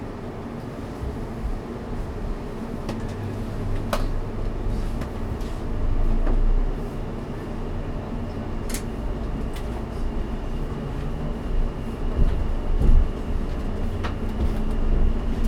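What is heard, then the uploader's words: Inside an early evening commuter train, a steady low rumble and hum fill the carriage, with a few sustained tones riding over it. Sharp clicks and rattles break through now and then, around four, nine and fourteen seconds. The car otherwise sounds quiet. Captured in a commuter train in the early evening. It is dark outside and the train is not very busy. Early evening commuter train.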